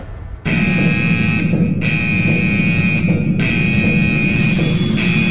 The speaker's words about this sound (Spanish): Alarma roja. Alarma roja. Se ha detectado riesgo de spoiler en el área. Cualquier oyente que permanezca en la zona lo hará bajo su propia responsabilidad.